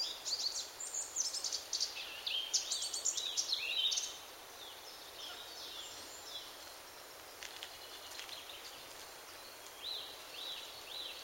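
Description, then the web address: Eurasian blackcap song, a lively four-second phrase of rapid high chirps and warbles, followed by quiet background hiss and a few soft notes. "SETE data Sylvia atricapilla"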